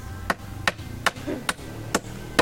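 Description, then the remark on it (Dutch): Another nail is hammered into a wooden chair that was threatening to fall apart, with six sharp, evenly paced strikes about half a second apart, each a crisp woody knock over a low background hum, with no talking. “Ik doe er nog een spijker.”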